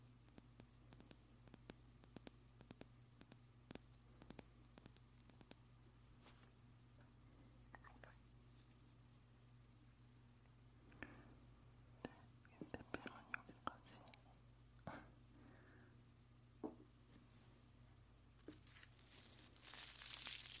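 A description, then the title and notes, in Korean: A napkin is crinkled and touched: sparse, sharp little crackles and taps scattered throughout, clustering more densely around the middle and ending in a louder, brighter rustle. A steady low hum sits underneath. 냅킨 바스락 바스락 만지는 소리 napkin crinkle & touching sound. 이번 영상은 냅킨 만지작 하는 소리를 녹음했어요...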